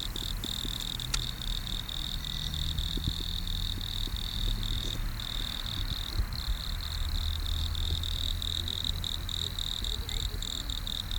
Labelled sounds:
Wood Cricket stridulation
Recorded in the wild
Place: Gößweinstein, Fränkische Schweiz, Bayern, DE
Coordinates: 49.72, 11.07
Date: 1995-09-06 10:29
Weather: schwach sonnig, 16,6°C
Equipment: Nagra SN, Sennheiser ME 80, Kopie Uher 4000 Report Monitor
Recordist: Tembrock, Günter
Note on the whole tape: Am Sportplatz (Waldrand): Lautfolgen (mehrere Tiere)

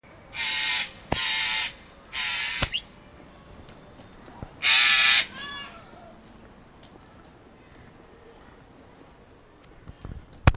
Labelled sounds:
Yellow-crested Cockatoo call
Carrion Crow
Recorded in captivity
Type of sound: call
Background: Corvus corone
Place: Tiergarten Wilhelma/Stuttgart, Baden-Württemberg, DE
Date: 2000-09-22 17:47
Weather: overcast, 15°C
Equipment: Nagra SN, Kopie Uher 4000 Report Monitor
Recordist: Tembrock, Günter
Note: Kurzlaute

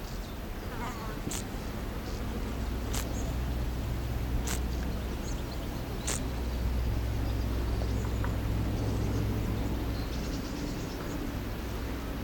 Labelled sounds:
Common Buzzard
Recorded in the wild
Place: Blankenfelde, Berlin, DE
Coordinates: 52.625, 13.404
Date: 1992-07-19 11:50
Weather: sonnig, 22°C, Wind
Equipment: Marantz CP 430, Sennheiser ME 80, Kopie Tesla B 116
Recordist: Tembrock, Günter

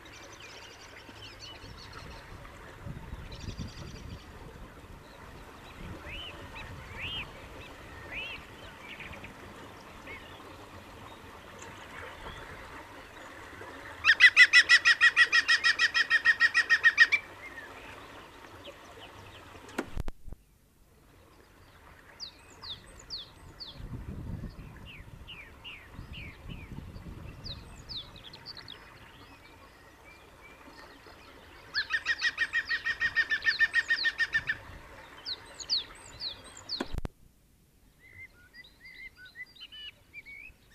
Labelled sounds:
European Green Woodpecker song
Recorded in the wild
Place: Kaiserslautern, Rheinland-Pfalz, DE
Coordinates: 49.3939, 7.73056
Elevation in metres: 313
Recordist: Tretzel, Erwin

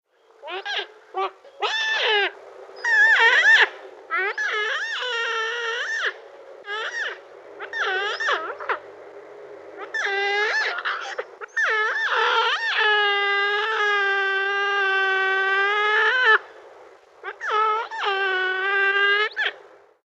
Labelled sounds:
Giant Otter
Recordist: Tembrock, Günter
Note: Lautfolgen

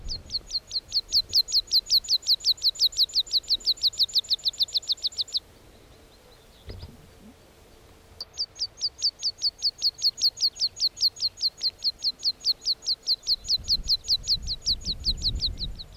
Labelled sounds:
Meadow Pipit song
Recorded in the wild
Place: Bruchberg, Niedersachsen, DE
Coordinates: 51.79, 10.5
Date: 1986-06-16
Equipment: Sony WM-D6C, Parabolscheibe
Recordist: Skiba, Reinald

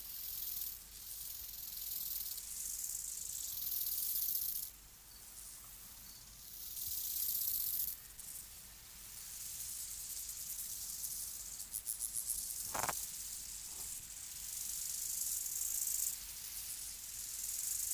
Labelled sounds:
Steppe Grasshopper stridulation
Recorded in the wild
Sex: male
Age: imago
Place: Buchorster Teiche, Brandenburg, DE
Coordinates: 52.6736, 13.3908
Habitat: pond
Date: 1983-08-27 12:18
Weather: sunny, 21°C
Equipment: Nagra SN (Automatic), Sennheiser MKH 416 T, Kopie Uher 4000 Report Monitor
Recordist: Tembrock, Günter

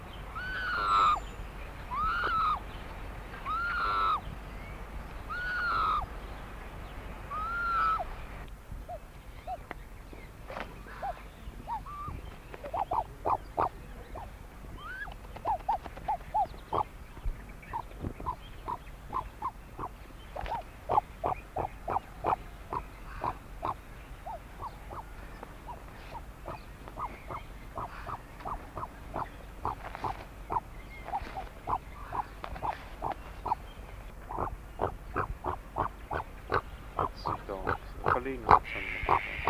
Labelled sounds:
Great Curassow call
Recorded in captivity
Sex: male
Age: adult
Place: Vogelpark Walsrode, Niedersachsen, DE
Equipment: Halbspur, 9,5 cm/s
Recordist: Lütgens, Hans

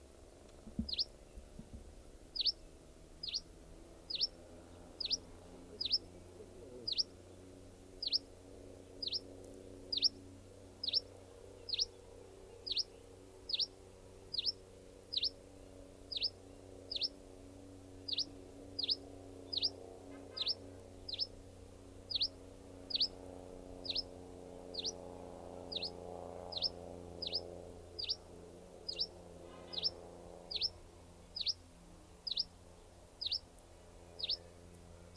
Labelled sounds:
Canary Islands Chiffchaff call
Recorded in the wild
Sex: female
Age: adult
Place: Puerto de la Cruz, Teneriffa, Teneriffa, Kanarische Inseln, ES
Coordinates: 28.4139, -16.5483
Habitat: park
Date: 1964-04-27 18:00
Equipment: Nagra III PH, LGS26
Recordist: Schneider, Hans-Joachim
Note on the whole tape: Bei der Villa "Los Pasos" auf Teneriffa. Phylloscopus collybita canariensis (alte Bezeichnung, inzwischen eigene Art). Weibchen: Warnrufe am Nest. Sowie um 18.30 Uhr Aufnahme von Lockrufen des selben Weibchens

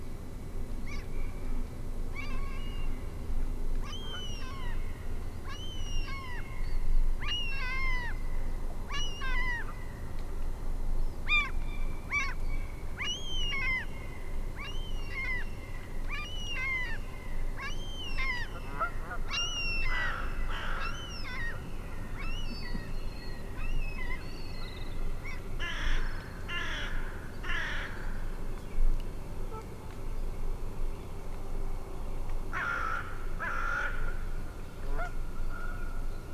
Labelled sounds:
Canada Goose call
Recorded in the wild
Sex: group
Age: diverse
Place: Langasjönas, Blekinge, SE
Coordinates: 56.2286, 14.8522
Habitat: lake
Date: 2006-08-04
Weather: clear, ca. 15°C, no wind
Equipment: Marantz PMD 660, Sennheiser ME 66, Windkorb
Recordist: Frommolt, Karl-Heinz

